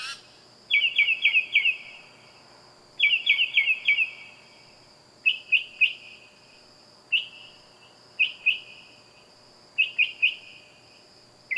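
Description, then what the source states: Bird calling in rapid bursts of one to four clear, falling whistled notes, repeated at irregular intervals, over a steady high electronic-sounding hum. Loud bird calling at night.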